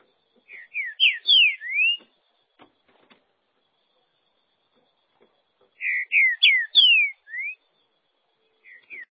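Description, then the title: Green-winged saltator song: a phrase of five loud slurred whistles, mostly falling, repeated about five seconds later with the same pattern; faint clicks between phrases. "Trinca Ferro"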